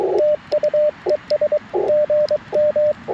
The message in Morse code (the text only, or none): TU ES GM